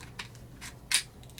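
During reassembly of an FN 503 compact 9mm pistol, the recoil spring assembly is re-centered after it hung up from not being centered and pushed home against the barrel and steel slide. Faint scrapes and small ticks lead up to a sharp, bright click at 0.9 s as the recoil spring assembly seats into place, followed by a few light taps.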